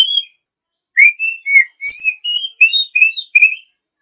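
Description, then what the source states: Oriental magpie-robin song, a brief note, a short pause, then a string of clear whistled notes varying in pitch. Champion-class songbird.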